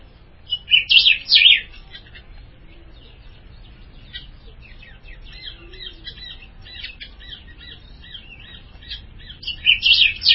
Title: Azulao